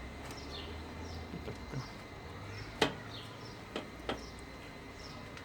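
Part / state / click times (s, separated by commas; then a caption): pleated fly screen component into its frame profile / partly seated / 2.8 s. A part of a pleated fly screen door is pushed into its frame profile with several taps and knocks while the door is reassembled after its cords were replaced. The loudest knock lands at 2.8 s, and lighter knocks follow around 3.8 and 4.1 s over faint bird calls and a steady background hum. The part is not fully seated.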